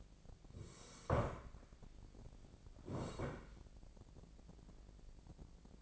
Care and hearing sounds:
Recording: daily activity, microphone in the room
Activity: sit down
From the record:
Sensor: 5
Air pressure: 1012.4 hPa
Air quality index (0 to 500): 146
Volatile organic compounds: 2 ppm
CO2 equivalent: 1006 ppm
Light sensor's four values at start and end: 272/652/278/308 and 272/652/278/308

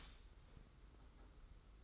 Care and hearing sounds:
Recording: daily activity, microphone in the room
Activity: start toaster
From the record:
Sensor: 3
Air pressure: 991.6 hPa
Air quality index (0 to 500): 181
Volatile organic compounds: 1000 ppm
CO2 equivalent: 6058 ppm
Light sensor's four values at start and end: 42/119/48/42 and 42/119/48/42

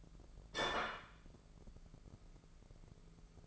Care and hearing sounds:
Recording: daily activity, microphone in the room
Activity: place plate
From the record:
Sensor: 5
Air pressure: 1015.1 hPa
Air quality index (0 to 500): 206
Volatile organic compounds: 11 ppm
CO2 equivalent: 2265 ppm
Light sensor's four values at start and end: 77/180/77/84 and 77/180/77/84

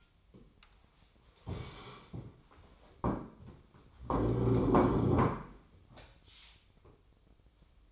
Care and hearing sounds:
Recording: daily activity, microphone in the room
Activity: stand up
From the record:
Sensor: 1

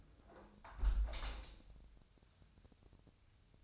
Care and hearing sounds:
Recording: daily activity, microphone in the room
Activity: close window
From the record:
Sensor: 2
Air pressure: 1014.7 hPa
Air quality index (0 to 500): 27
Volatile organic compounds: 1 ppm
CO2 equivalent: 516 ppm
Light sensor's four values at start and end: 8/20/8/8 and 8/19/8/8

